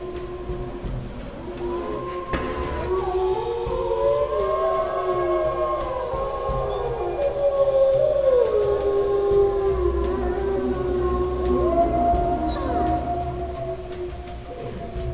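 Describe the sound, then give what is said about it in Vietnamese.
Long, drawn-out howls rise and fall in pitch, several overlapping mournful tones sustained for the whole stretch over a steady rushing, wind-like background, fairly loud and with no talking; a howl carried far on a sweeping wind high in the sky. “Mấy phút sau, cơn gió lồng lộng trên không trung mang tiếng hú của Trắc Mộc Cường Ba đi đến một nơi rất xa.”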